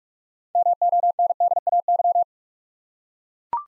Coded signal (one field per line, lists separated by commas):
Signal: Morse code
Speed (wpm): 44 wpm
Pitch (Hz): 700 Hz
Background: none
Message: MONDAY